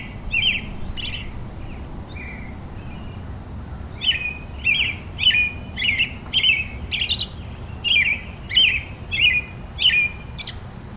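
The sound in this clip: Robin song of clear, chirped whistled phrases, a few at first, then a rapid series of similar phrases.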